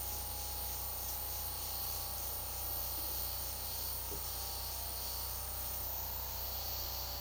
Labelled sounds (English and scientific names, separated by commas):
none